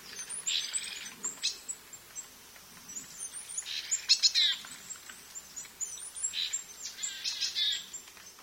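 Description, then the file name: Willow tit giving buzzy, grating notes spaced a second or two apart, with faint high-pitched tinkling chirps above them. "kogara"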